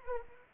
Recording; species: mosquito wingbeat signal from an infrared sensor; Anopheles arabiensis